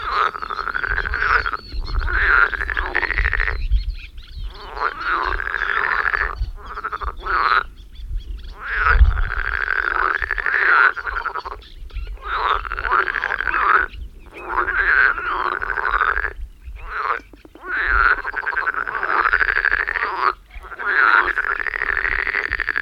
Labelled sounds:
Marsh Frog call
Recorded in the wild
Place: Anklam, Mecklenburg-Vorpommern, DE
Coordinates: 53.812, 13.861
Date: 1980-05-25 18:15
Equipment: Nagra III BH, Sennheiser MD 21, parabola
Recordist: Schubert, Michael

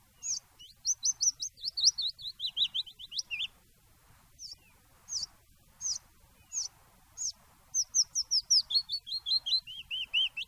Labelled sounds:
Willow Warbler
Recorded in the wild
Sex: male
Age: adult
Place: Garmisch-Partenkirchen, Bayern, DE
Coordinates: 47.4931, 11.0633
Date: 1962-04-21
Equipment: Stellavox SM 5, Original, Vollspur, AKG D19/200, langes Kabel
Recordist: Tretzel, Erwin

